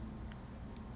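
A crimped pin on heavy 22 gauge wire is pushed through a hole into a plastic connector housing, giving two faint clicks at 0.3 and 0.5 seconds over a steady low hum. The pin is not all the way in and not locked, because the thick wire struggles to push through the lock.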